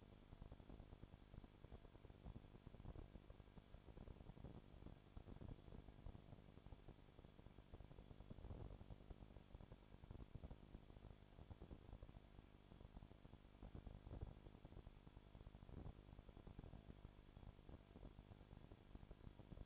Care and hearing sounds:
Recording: daily activity, microphone in the room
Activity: no activity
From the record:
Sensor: 5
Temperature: 20.2 degrees Celsius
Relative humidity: 36.5%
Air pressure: 1001.2 hPa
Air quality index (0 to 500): 176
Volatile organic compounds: 4 ppm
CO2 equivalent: 1607 ppm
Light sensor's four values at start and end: 2/3/1/1 and 2/3/1/1

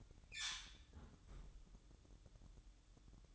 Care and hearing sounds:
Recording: daily activity, microphone in the room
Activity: close fridge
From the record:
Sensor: 3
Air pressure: 1007.7 hPa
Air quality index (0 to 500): 72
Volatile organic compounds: 1 ppm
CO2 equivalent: 647 ppm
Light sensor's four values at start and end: 12/29/12/12 and 12/29/12/12

